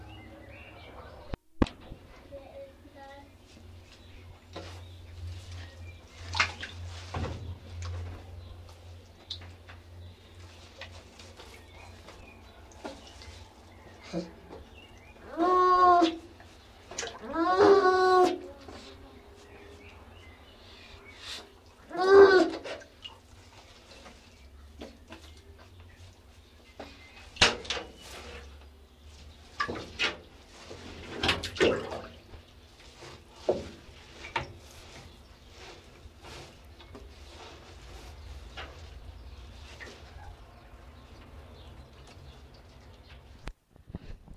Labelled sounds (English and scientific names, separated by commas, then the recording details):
Baikal Seal (Pusa sibirica) call
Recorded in captivity
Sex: female
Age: adult
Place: Tierpark Berlin, Berlin, DE
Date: 1966-05-21 19:00
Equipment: Uher 4200 Report Monitor, Sennheiser MD 421, Transistorverstärker 2
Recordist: Tembrock, Günter
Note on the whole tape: Sibirische Ringelrobbe auch Baikalrobbe: Laute weiblicher Tiere (wohl beim "Ersatzsaugen"). Abstand ca. 1 m. Aufnahmezeitraum der Bandaufnahmen von 14.30 bis 19.00 Uhr